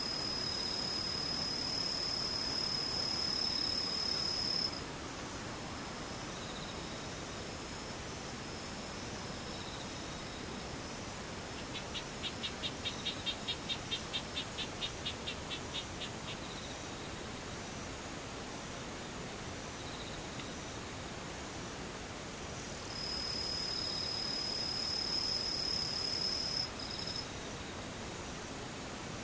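Insects sing over a steady bed of hiss throughout. A thin, high, continuous tone runs through the first five seconds and returns from about 23 to 27 seconds, and around 12 to 16 seconds a fast, regular pulsing trill rises briefly above the hiss.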